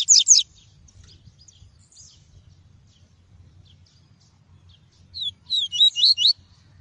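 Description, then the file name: Double-collared seedeater song: brief sharp high notes at the start, a few faint chips, then a quick twittering phrase of slurred high notes. Song of the "tui-tui" variety. "canto do papa capim tui tui"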